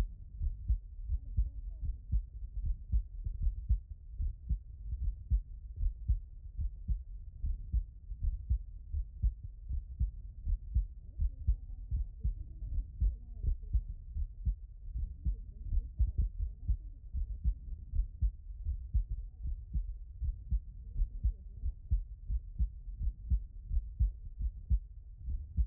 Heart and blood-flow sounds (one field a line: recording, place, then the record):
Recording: heart sounds by stethoscope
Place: aortic valve (AV)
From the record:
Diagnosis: non-HFrEF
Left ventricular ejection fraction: 63%